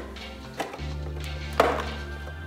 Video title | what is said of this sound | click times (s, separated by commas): Beginning Our Light Rebuild of a Salvage 335i from IAAI! | that little click clip is installed this thing is secured | 1.6 s